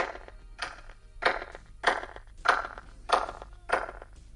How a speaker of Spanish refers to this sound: si viéramos esas mismas palmas en el lado derecho del anillo de piedras exterior de Stonehenge, escucharíamos esto que el doctor Till ha grabado.